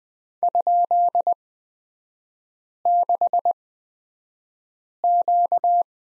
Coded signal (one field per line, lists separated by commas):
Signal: Morse code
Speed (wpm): 20 wpm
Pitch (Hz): 700 Hz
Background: none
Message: ?6Q